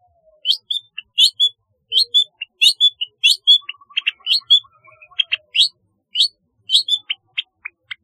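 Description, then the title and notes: Long-tailed shrike song: a busy, varied series of high chirps, short trills and whistles in quick succession, with a few lower whistled notes mixed in. "Kicau Burung Cendet"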